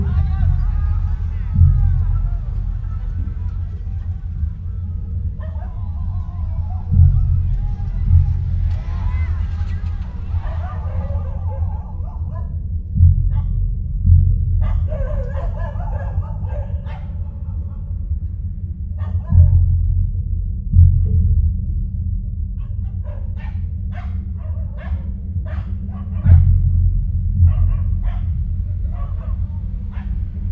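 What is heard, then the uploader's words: Street life around Phnom Penh: a constant low rumble under scattered voices and sharp clicks or knocks, with dog-like barks and chatter throughout. Recorded in and around Phnom Penh (Cambodia) during the "presidential" election period; Day & night.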